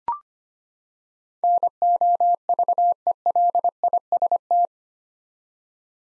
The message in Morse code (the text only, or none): NOVELIST